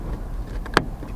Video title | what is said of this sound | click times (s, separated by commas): 2022 Chevy Trailblazer LED Dome Light Install | that's it it'll make a little clicking sound maybe because all of mine do | 0.8 s